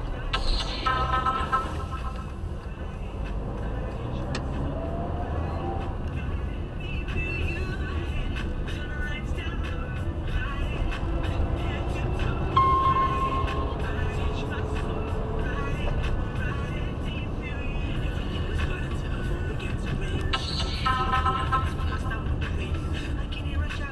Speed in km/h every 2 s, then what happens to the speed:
5, 20, 30, 34, 32, 32, 42, 44, 42, 38, 33, 29.
0-5 speeds up to 34. 5-11 steady at about 32. 11-13 speeds up to 44. 17-24 slows to 29.